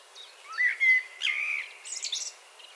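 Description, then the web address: Common blackbird song: a low fluted whistled phrase slides into a scratchy, high-pitched twittering flourish at the end. "SETE Turdus merula"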